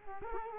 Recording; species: mosquito wingbeat signal from an infrared sensor; Culex quinquefasciatus